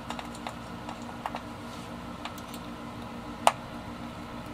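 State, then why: Released. On a Sterling SUB bass, a bridge saddle sits on its height screws in the bridge plate, held down by the string while the height screws are adjusted. A few faint ticks come before the saddle pops free with one sharp click at 3.5 s, releasing it.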